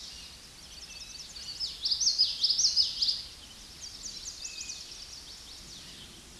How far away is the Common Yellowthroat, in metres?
about 10 m